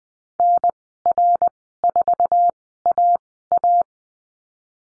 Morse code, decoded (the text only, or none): NR4AA